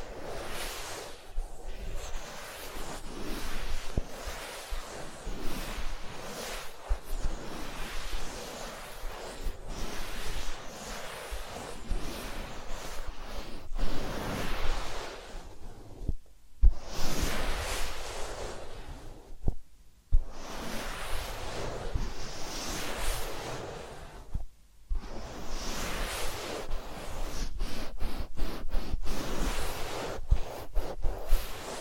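Massage and ear cleaning sounds: dense, continuous scratchy rubbing and swishing, briefly cutting out near 16, 20 and 25 seconds, with crackly taps toward the end.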